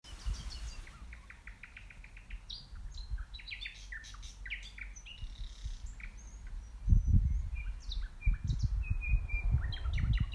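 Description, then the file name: Common nightingale singing a sequence of quick repeated chirps, then high whistles and trills, over steady low rumble that swells in the second half. "Luscinia megarhynchos"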